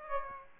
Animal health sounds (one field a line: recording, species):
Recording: mosquito wingbeat signal from an infrared sensor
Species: Aedes aegypti